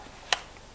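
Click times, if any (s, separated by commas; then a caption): 0.3 s. A tilt-shift lens, lined up dot to dot on the camera body's bayonet mount, is turned clockwise until the bayonet lock gives a single short, bright click at 0.3 s over quiet background. The lens is seated and mounted on the camera body.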